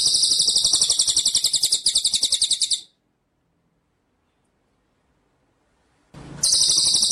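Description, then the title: White-rumped shama delivering a loud, high buzzy trill that cuts off abruptly into silence, then resumes suddenly near the end. Masteran (training) song; full ngerol and nembak song styles. "Masteran Murai Batu Full Ngerol Nembak"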